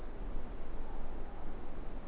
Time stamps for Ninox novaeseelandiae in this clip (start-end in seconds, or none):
0.67-1.67